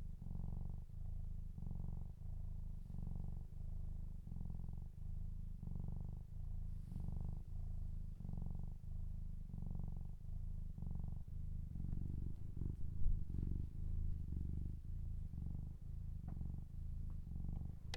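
Cat purring steadily, a deep rhythmic rumble pulsing with each breath, becoming slightly rougher and louder toward the end with faint small clicks.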